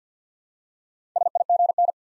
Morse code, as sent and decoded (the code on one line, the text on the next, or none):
... .. --. -.
SIGN